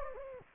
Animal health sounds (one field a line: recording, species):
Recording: mosquito wingbeat signal from an infrared sensor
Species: Anopheles gambiae